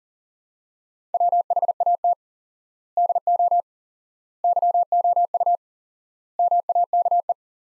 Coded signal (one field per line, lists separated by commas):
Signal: Morse code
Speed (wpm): 40 wpm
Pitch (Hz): 700 Hz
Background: none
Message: WHAT DO YOU MAKE